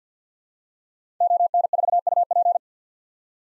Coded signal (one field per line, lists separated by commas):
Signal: Morse code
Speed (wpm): 50 wpm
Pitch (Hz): 700 Hz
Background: none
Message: ON4UP